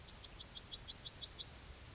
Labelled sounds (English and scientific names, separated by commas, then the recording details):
Yellowhammer (Emberiza citrinella) song
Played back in grassland
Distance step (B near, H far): D
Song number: 151